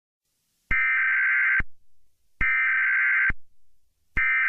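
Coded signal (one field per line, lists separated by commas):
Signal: Emergency Alert System (SAME) tones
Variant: header bursts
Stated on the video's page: Simulated fictional alert.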